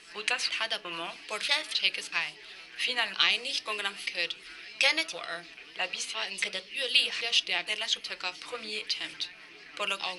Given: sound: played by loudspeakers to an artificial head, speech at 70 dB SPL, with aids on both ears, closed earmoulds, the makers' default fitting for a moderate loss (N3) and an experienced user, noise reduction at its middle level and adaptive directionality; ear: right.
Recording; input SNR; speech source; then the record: speech test signal (ISTS) in cocktail-party noise; +9 dB; in front (0 degrees)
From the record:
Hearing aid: class 2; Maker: B